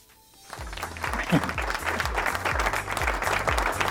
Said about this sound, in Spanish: esta radio y este programa Garabatos y Sentidos, Vox 102.9, te dedica este aplauso.